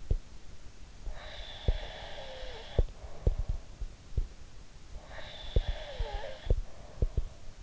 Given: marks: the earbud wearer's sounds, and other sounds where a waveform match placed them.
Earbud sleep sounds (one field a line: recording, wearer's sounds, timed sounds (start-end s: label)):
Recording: sounds in sleep by an in-ear microphone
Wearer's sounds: snoring breath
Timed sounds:
1.12-4.08 s: snoring breath
4.93-7.62 s: snoring breath